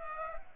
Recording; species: mosquito wingbeat signal from an infrared sensor; Culex pipiens